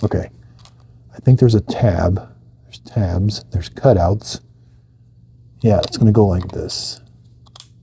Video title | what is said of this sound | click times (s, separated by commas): Roborock Curv 2 Flow Robot How To Clean & Fix Low Suction | Yeah, it clicks into place. | 7.5 s, 7.6 s